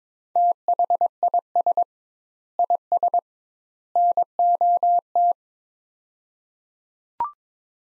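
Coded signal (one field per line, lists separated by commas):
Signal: Morse code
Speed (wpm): 22 wpm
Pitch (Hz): 700 Hz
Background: none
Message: THIS IS NOT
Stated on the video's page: Morse practice of three-word sets at 22 wpm with 2x word spacing, a Farnsworth-like method applied to words, each sent then spoken.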